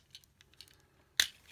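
After a failed try, a plastic part of a Transformers Siege Leader Class Galaxy Upgrade Optimus Prime figure is worked into the figure's body, with faint plastic ticks and rattles of handling. At 1.2 s it snaps into place with a sharp, loud click, and the part is seated.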